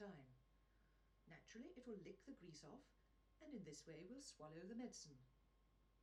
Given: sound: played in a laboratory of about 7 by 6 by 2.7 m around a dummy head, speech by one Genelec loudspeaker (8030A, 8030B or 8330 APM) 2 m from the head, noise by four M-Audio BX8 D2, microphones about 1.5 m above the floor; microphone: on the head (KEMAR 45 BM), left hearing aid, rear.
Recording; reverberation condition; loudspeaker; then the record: female speech in English; low; in front (0 degrees)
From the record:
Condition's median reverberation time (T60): about 310 ms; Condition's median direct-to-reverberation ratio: about 3.5 dB